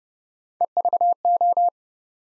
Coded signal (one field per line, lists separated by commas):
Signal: Morse code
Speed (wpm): 29 wpm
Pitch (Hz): 700 Hz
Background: none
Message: EVO